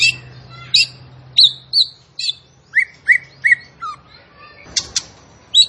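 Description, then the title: Bird: about a dozen spaced, sharp chirps, some high and some lower downslurred, over a faint low hum. Masteran (training recording for cage birds) of a bird singing gacor (actively, energetically) with tembakan-style song. "Masteran Burung Tembakan Gacor"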